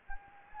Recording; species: mosquito wingbeat signal from an infrared sensor; Anopheles gambiae